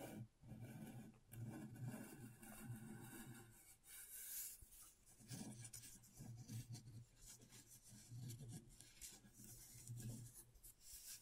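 Scratching on a scratchboard, rasping strokes in uneven bursts with a low hum beneath, plus a bright hiss near four seconds.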